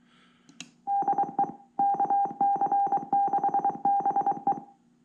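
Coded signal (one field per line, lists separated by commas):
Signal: Morse code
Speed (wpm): 23 wpm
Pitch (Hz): 800 Hz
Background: music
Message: DE KC6BE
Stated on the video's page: Sent from a homebuilt CW memory keyer project from QST, based on Raspberry Pi Pico.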